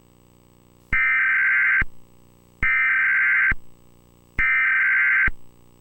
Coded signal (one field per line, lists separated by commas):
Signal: Emergency Alert System (SAME) tones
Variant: header bursts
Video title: Nickelodeon EAS anomaly (2002)